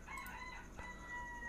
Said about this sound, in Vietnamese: giờ này gà còn gáy nữa, nó nên dậy rõ là sớm.